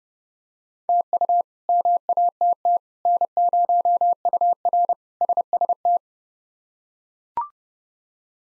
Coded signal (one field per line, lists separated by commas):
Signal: Morse code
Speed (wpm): 30 wpm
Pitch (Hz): 700 Hz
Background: none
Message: TU MATT N0UR SST